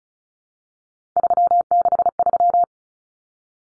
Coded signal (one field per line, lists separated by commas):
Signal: Morse code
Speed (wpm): 34 wpm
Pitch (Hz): 700 Hz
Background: none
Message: 363